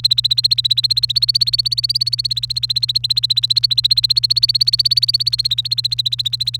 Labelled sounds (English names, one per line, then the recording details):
Domestic Canary song
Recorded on 29 April 2018 at 06:07
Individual llb3